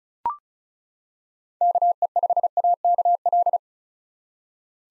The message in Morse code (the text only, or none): KE5AKL